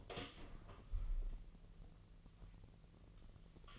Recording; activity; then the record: daily activity, microphone in the room; open door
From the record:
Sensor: 4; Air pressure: 1002.2 hPa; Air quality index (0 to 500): 249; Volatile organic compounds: 41 ppm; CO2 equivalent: 3172 ppm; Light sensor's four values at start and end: 10/22/9/8 and 10/21/8/8